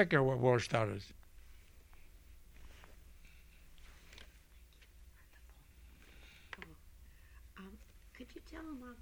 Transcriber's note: someone whispers